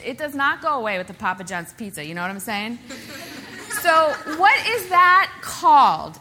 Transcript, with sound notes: it does not go away with a Papa John’s pizza. You know what I’m saying? (laughter) So what is that called?”